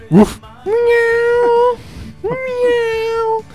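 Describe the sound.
A human voice imitates a dog: one short, sharp bark, then two long, steady howls, each rising at the start and holding a mid pitch for about a second.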